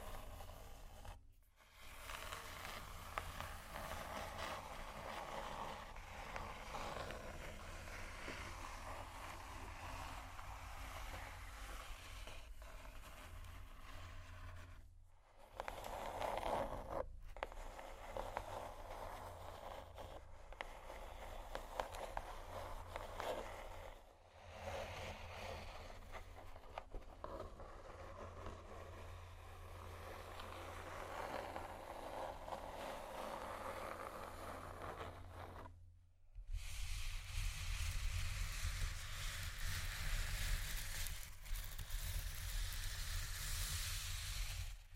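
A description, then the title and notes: Slow, deep, soft scratching continues in long strokes, with a steady low rumble underneath and a brighter rasp in the middles. Brief silences break it near 1, 15, 24 and 36 seconds, and after the last gap the scratching returns louder and coarser. Slow, Deep & Soft Scratching (No Talking).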